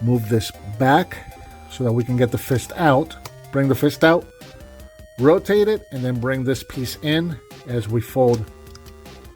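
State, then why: Not seated. Someone talks over background music while handling a transforming toy figure, moving a piece back to bring the fist out, rotating it, and starting to fold the plastic dino foot panel down over the robot arm. A few faint handling sounds come through near the end. Nothing has seated or clicked yet.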